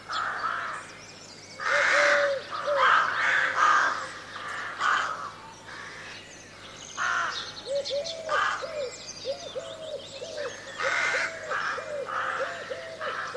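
Crows cawing in harsh bursts, with a steady series of lower arched notes.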